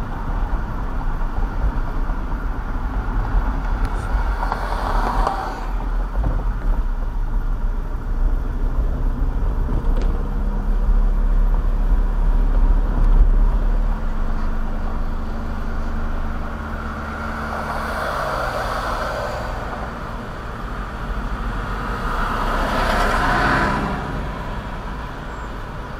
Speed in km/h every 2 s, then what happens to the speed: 37, 34, 27, 24, 29, 37, 44, 48, 52, 55, 58, 60, 60.
0-5 slows to 24. 7-17 speeds up to 55. 17-26 steady at about 58.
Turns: none.